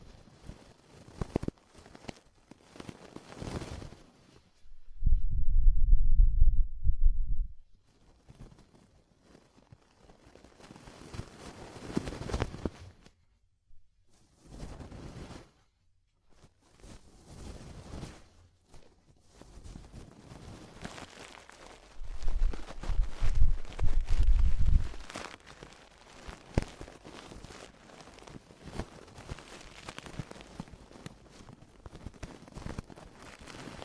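Ear cleaning sounds: irregular scratching and rustling with deep rumbling thumps around five to eight seconds and again near twenty-three to twenty-five.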